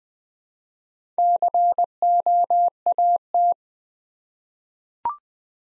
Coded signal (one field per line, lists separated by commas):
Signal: Morse code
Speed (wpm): 20 wpm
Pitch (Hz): 700 Hz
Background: none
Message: COAT